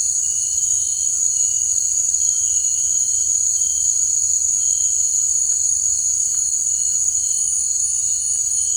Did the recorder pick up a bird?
no